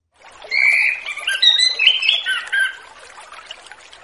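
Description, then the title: Orange-headed thrush giving one continuous song phrase of clear whistled and warbled notes lasting about two seconds, then fading into quiet. Relaxed 'ngeplong' song style, used as a lure for young birds just past the speckled juvenile stage. "Anis Kembang Ngeplong Santai , Untuk Pancingan Anis Kembang Lepas Trotol"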